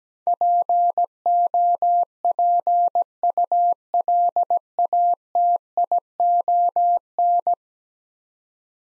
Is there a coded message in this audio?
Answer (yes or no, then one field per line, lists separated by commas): yes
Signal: Morse code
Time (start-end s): 0.3-7.5 s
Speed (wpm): 17 wpm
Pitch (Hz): 700 Hz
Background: none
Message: POPULATION